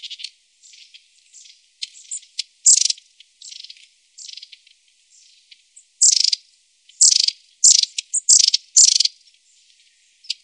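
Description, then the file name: Long-tailed tit calls: harsh, rattling bursts mixed with softer high chirps, coming in irregular clusters with short gaps between. "Stjartmes"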